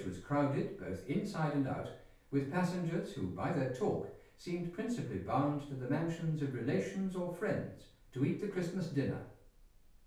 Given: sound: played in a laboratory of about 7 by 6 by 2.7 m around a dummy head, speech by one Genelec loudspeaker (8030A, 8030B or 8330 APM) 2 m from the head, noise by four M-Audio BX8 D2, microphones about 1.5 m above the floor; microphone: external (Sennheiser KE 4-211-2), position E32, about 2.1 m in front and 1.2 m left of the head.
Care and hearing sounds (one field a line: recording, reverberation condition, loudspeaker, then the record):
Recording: male speech in English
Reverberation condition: medium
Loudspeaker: behind (180 degrees)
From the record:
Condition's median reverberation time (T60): about 510 ms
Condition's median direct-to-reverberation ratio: about -0.5 dB